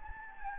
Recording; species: mosquito wingbeat signal from an infrared sensor; Anopheles gambiae